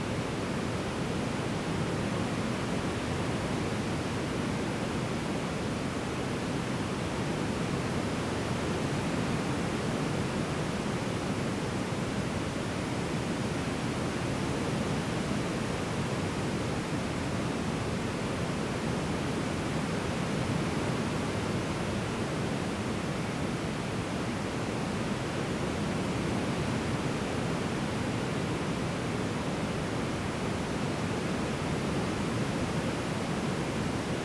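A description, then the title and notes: White noise plays as a steady, dense rushing hiss for the full length, with no breaks or separate events. Its weight sits in the low and middle range, giving a soft, waterfall-like roar rather than a sharp hiss, and the loudness never changes. White noise from Babyfy.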